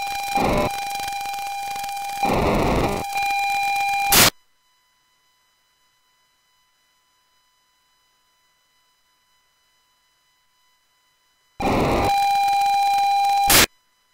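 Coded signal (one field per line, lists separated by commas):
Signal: POCSAG pager data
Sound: two harsh rasping data bursts, about four and two seconds, separated by silence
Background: radio static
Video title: POCSAG P2000 system 169 650 MHz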